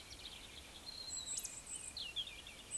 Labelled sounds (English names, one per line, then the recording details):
Eurasian Woodcock whistle
Eurasian Woodcock croak
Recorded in Baden-Württemberg, Germany, on 20 May 2021 at 19:38 UTC
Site 24606, 635 m above sea level